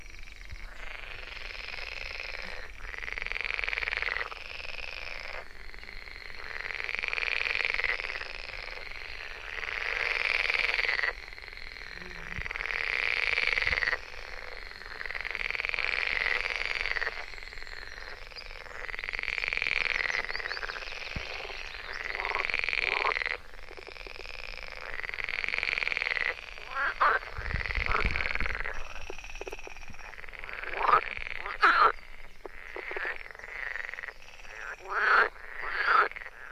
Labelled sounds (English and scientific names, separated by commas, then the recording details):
Edible Frog (Pelophylax esculentus) call
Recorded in the wild
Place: Mühlenbecker Land, OT Buchhorst, Naturpark Barnim, Brandenburg, DE
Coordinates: 52.6733, 13.3925
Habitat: pond
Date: 1991-06-09 12:18
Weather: Luft: 21 °C, Wasser: 18,0 °C
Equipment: Uher 4000 Report Monitor, Sennheiser ME 80, K 30 AV, Original
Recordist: Frommolt, Karl-Heinz